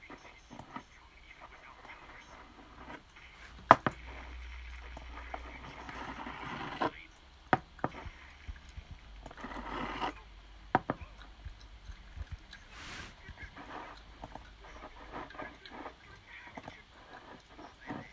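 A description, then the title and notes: Eating sounds: irregular chewing and crunching with scattered sharp clicks and taps, the loudest near 4, 7.5, 10.5 and 12 seconds. Muffled voices murmur in the background throughout, and a low hum runs underneath between about 4 and 10 seconds. Sʟᴜʀᴘɪɴɢ, ᴄʜᴇᴡɪɴɢ, ᴄʀᴜɴᴄʜɪɴɢ, ᴛʏᴘɪɴɢ, sᴛɪʀʀɪɴɢ ᴀɴᴅ ᴀʟsᴏ ᴀɴɪᴍᴇ ɪɴ ᴛʜᴇ ʙᴀᴄᴋɢʀᴏᴜɴᴅ.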